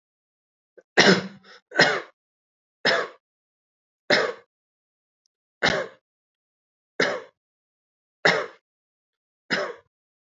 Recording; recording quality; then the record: heavy voluntary cough; excellent, no background noise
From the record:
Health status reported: healthy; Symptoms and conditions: hypertension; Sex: male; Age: 52 years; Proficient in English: no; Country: India